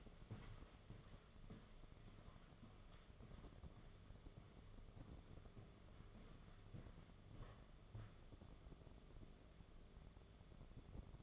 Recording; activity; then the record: daily activity, microphone in the room; walk to room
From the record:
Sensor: 4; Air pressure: 1011.2 hPa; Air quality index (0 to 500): 133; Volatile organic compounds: 3 ppm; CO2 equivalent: 1362 ppm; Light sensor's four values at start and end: 183/474/203/212 and 186/485/207/216